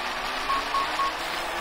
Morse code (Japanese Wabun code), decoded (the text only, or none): none